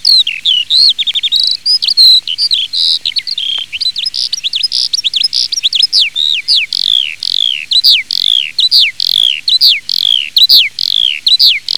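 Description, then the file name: Eurasian skylark song, a continuous rapid stream of high, varied chirps, trills and slurred whistles pouring out without pause. "ALLODOLA"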